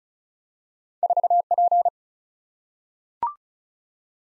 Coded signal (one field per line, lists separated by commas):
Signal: Morse code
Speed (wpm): 36 wpm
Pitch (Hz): 700 Hz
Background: none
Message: 4P